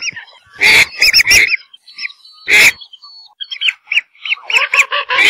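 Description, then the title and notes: Whistling duck calls: sharp harsh bursts mixed with brief arched whistles, building into a quicker chatter of whistled notes toward the end. "Kicau Burung Belibis"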